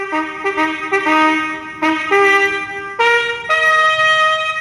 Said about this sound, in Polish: Wczorajsze dźwięki trąbki w Pałacu Prezydenckim to nieliczne, tradycyjne akcenty Święta Straży Granicznej w tym roku.